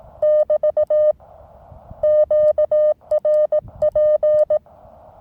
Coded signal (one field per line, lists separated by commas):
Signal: Morse code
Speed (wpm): 18 wpm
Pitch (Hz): 610 Hz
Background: none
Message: <BT> QRP